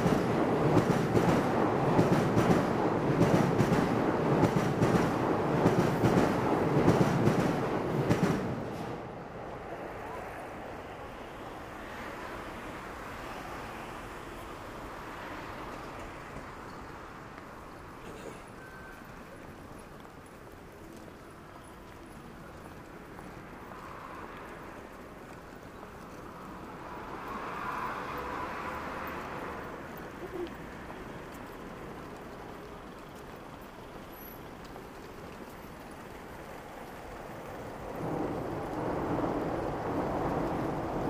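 A Saturday morning street in a bustling city district, opening with a loud, dense roar of a passing train that cuts off sharply around nine seconds. A quieter hum of traffic and activity follows, swelling briefly near twenty-eight seconds, then rising again toward the end.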